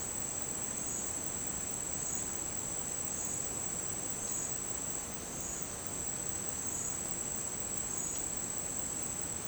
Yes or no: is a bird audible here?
no